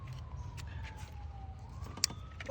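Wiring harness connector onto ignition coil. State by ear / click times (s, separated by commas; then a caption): seated / 2.0 s. On a 2010 GLK 350 being repaired for a cylinder 2 misfire code with spark plug and ignition coil replacement, the wiring harness's plastic electrical connector is pushed back onto the reinstalled ignition coil. Over a low rumble and a faint tone that slowly glides down and back up, one sharp, loud click at 2.0 s marks the connector latching and seating on the coil.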